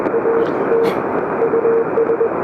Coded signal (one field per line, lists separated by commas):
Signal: Morse code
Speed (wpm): 21 wpm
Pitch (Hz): 500 Hz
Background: radio noise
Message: AT US